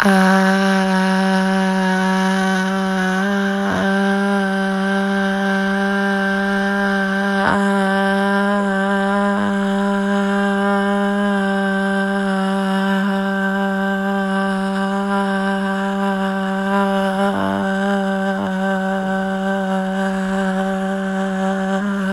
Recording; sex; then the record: sustained vowel /a/; female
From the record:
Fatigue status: no fatigue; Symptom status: asymptomatic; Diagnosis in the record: COVID-19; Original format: m4a